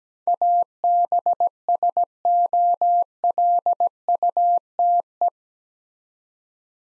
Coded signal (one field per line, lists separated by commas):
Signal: Morse code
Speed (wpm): 17 wpm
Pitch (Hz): 700 Hz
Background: none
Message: ABSOLUTE